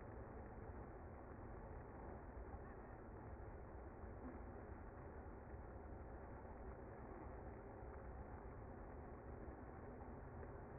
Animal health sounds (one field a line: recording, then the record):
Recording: honeybee colony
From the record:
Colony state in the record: active